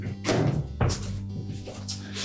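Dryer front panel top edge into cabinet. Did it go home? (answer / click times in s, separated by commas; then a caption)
yes / 0.8 s. The sheet-metal top edge of a Whirlpool dryer's front panel is pressed back into the cabinet, with music playing in the background. One thunk-like snap is heard at 0.8 s as the panel top seats in place.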